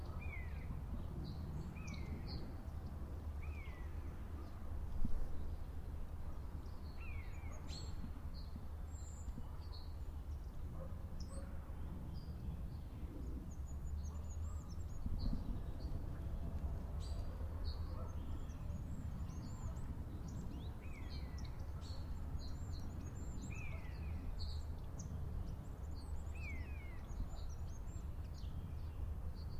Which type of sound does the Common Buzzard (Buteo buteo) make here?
call